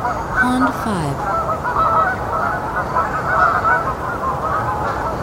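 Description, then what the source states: Canada goose: canada geese honking in a dense flock chorus, overlapping nasal honks throughout, with a brief lower sliding note early on. Several Canada geese.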